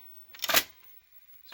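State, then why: Not seated. On a 1983 Mitsubishi HS-700UR portable VCR under repair, the videocassette carriage is pushed down into the machine and does not latch. A broadband rattling clatter runs from about 0.3 to 0.7 s, and a faint knock follows near 1.5 s. Nothing seats or clicks into place yet.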